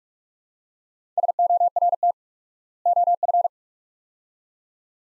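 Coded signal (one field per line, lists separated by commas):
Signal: Morse code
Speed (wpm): 42 wpm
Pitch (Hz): 700 Hz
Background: none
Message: SORT OF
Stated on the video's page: Morse practice drill at 45 wpm, sets of two words with 4x word spacing, a Farnsworth-like method, each followed by spoken words.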